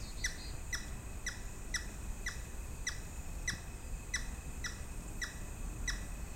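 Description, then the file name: Grey-headed woodpecker giving a regular run of brief, clipped descending notes, roughly two per second, over a constant high-pitched hum and low background noise. "woodpecker-grey-headed -Picus-canus"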